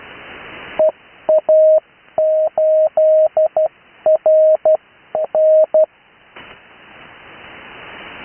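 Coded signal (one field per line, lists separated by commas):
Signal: Morse code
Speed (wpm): 12 wpm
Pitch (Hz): 630 Hz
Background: none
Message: EA8RN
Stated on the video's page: Morse code callsign practice, recorded live.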